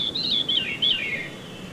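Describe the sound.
Veery song fragment: reedy, wavering notes that slide and tumble downward in a short spiral, with steady hiss underneath.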